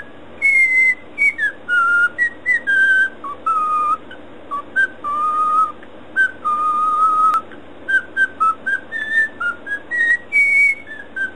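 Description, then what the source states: Cockatiel whistled song: a run of pure, steady notes at varied pitches, some held longer, with brief gaps between phrases. Whistling (siulan).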